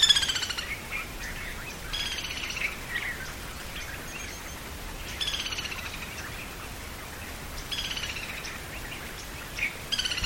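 White-headed jungle babbler harsh chatter, grating bursts returning roughly every two to three seconds among softer squeaky notes, over background hiss.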